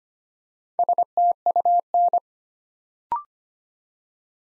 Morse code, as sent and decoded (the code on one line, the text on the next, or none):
... - ..- -.
STUN